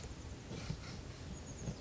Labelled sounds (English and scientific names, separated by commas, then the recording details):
Chestnut-backed Chickadee (Poecile rufescens)
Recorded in Sonoma County, California